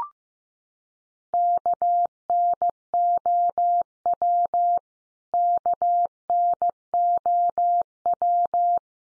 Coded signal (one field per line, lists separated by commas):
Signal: Morse code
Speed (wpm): 15 wpm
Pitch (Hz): 700 Hz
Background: none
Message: KNOW KNOW